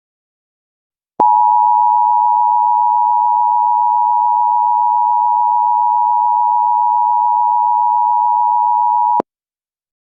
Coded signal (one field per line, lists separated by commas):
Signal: Emergency Alert System (SAME) tones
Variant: 853 and 960 Hz attention tone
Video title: Mother Nature Got Mad (Eas scenario)